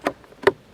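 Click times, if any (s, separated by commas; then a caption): 0.5 s. A plastic hive entrance slider is inserted into a beehive and pulled up until it clicks into its locked position at 0.5 s. A first sharp knock comes at 0.1 s and a faint tick at 0.2 s. The loudest, brightest snap at 0.5 s marks the piece seating.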